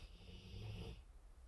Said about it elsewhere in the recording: My dog is snoring, and he's snoring loud.